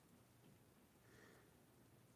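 A plastic snap-on microphone cover is pressed toward the microphone while turned the wrong way around, so its two pegs do not line up with the two holes. Only faint, steady low rustling and handling noise is heard, with no sharp transient. The cover has not snapped into place, and no click occurs.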